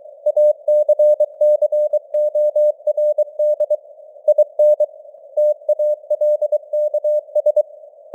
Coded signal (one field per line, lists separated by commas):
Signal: Morse code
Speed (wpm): 23 wpm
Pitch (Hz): 600 Hz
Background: none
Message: ACCORD IN TALKS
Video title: Morse Code News | 2025-10-26 | 23wpm